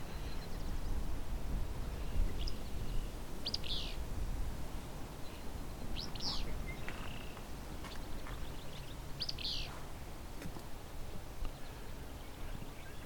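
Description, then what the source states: Willow Flycatcher song: three short, sharp two-part phrases about every three seconds over a steady low rumble. Song described as 'whip-you' or 'whip-pew' (mnemonic 'fitz-pew'); looks nearly identical to alder flycatcher, told apart mainly by song; meadow sanctuary east of Hamilton, Ontario, May 31, 2020.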